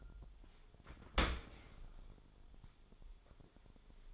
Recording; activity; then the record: daily activity, microphone in the room; open dishwasher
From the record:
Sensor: 5